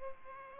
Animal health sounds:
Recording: mosquito wingbeat signal from an infrared sensor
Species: Culex pipiens

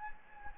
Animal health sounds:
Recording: mosquito wingbeat signal from an infrared sensor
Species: Anopheles gambiae

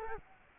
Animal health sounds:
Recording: mosquito wingbeat signal from an infrared sensor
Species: Culex quinquefasciatus

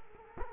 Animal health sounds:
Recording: mosquito wingbeat signal from an infrared sensor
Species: Culex quinquefasciatus

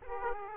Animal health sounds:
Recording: mosquito wingbeat signal from an infrared sensor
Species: Aedes aegypti

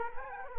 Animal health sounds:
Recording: mosquito wingbeat signal from an infrared sensor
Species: Culex quinquefasciatus

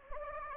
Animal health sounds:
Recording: mosquito wingbeat signal from an infrared sensor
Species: Anopheles gambiae

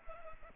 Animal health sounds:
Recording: mosquito wingbeat signal from an infrared sensor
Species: Culex pipiens

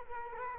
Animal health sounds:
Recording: mosquito wingbeat signal from an infrared sensor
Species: Culex quinquefasciatus

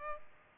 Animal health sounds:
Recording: mosquito wingbeat signal from an infrared sensor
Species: Culex pipiens

